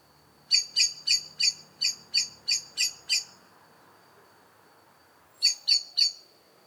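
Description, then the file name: Eurasian blackbird calls: a run of nine sharp, high chinking notes, evenly spaced and quick, then a pause and three more similar notes. "Turdus merula"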